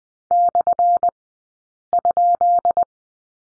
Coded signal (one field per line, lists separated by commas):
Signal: Morse code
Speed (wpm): 20 wpm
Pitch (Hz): 700 Hz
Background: none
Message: /?